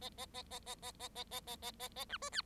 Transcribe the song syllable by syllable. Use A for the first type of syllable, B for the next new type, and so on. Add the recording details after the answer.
A A A A A A A A A A A A A B C D. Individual Bird7